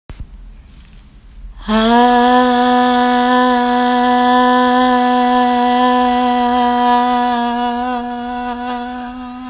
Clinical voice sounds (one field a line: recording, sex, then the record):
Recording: sustained vowel /a/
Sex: female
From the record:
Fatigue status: no fatigue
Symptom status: asymptomatic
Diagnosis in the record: COVID-19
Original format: m4a